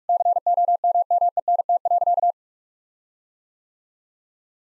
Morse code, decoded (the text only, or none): COMMENT.